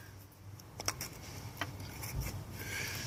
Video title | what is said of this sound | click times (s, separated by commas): 2005-2007 ford escape hybrid spark plug replacement | three didn't seem to want to click | none